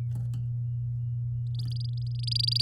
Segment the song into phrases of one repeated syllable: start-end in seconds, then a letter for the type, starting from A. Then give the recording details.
1.54-2.62 A. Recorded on 8 May 2018 at 11:46. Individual llb16